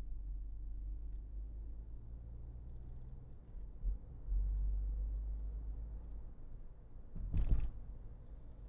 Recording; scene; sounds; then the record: everyday scene through a hearing-aid microphone; in a vehicle; engine, highway driving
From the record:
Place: Berlingo II, diesel engine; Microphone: behind the ear, left, rear